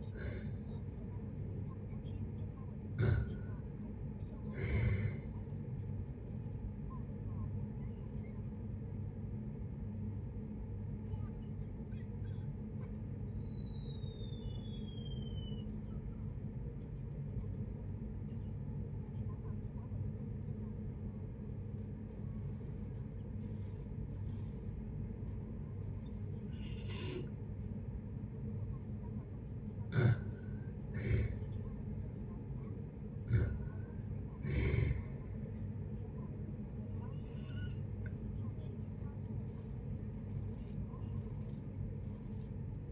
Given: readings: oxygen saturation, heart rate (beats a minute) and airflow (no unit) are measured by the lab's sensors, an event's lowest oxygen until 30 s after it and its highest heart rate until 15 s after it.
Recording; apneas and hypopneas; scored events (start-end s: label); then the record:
a person awake in a sleep study, by a smartphone at the bedside; none
0.00-42.92 s: awake
0.00-42.92 s: awake
From the record:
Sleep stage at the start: awake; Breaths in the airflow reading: 13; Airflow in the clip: -0.7 to 0.6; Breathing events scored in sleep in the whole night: 496 in 5.4 hours asleep